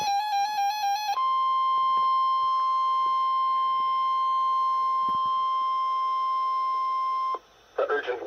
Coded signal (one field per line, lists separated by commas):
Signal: Emergency Alert System (SAME) tones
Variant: 1050 Hz attention tone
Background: speech, music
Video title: November 5th 2017 Severe Weather Outbreak! 6 EAS Alerts + STORM FOOTAGE